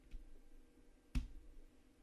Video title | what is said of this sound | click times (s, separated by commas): T-Mobile Sidekick 4G Hardware Review - Pocketnow | nice solid click as you plug things into it these are my headphones | 1.2 s